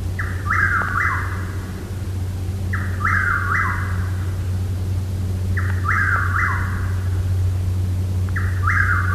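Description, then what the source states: Chuck-will's-widow song, a rhythmic three-part whistled phrase repeated four times, over a steady low hum. Anne Arundel County, Maryland.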